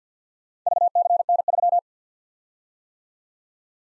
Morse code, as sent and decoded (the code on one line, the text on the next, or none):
...- -.-. -. ...--
VCN3